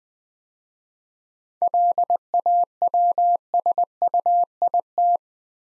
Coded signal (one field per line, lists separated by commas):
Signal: Morse code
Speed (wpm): 20 wpm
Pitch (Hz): 700 Hz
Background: none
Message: LAWSUIT